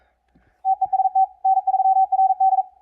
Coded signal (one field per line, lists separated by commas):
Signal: Morse code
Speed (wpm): 42 wpm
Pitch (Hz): 760 Hz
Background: none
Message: TEST N3RD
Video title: Guided CWT VIDEO